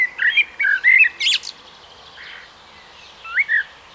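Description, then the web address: Common blackbird singing a mellow warbled phrase that ends in a sharp high squeak. A short fluty fragment comes near the end. "SETE data Turdus merula"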